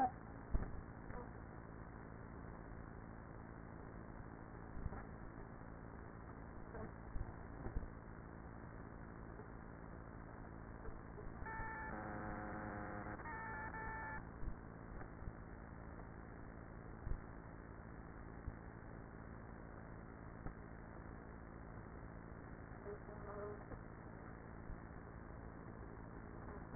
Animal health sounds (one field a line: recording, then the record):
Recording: honeybee colony, microphone inside the hive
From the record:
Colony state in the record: queenless with a low population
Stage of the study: after two queens were removed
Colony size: about 30,000 bees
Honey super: no